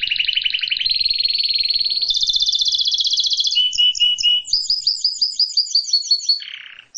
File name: canary song